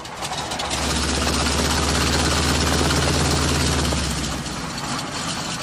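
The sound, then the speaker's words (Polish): The piston engine of a PZL P-11 fighter plane, shown at the open-air exhibition of the National Museum of Technology, roars steadily with a deep, throbbing low hum and a broad rushing noise, holding loud for several seconds before easing off slightly at the end. “Jedną z największych atrakcji jest samolot myśliwski PZLP-11.”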